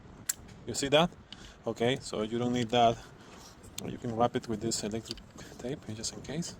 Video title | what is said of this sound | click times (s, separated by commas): Small Guide for a Headlight Bulb installation. https://a.co/d/3hD1Wfs | Now this is going to match, and also it's going to click. You can hear the click. Listen. | 0.3 s